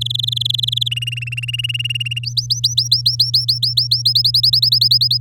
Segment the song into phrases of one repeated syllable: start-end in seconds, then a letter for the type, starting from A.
0.01-0.89 A, 0.91-2.25 B, 2.25-4.02 C, 4.05-5.18 D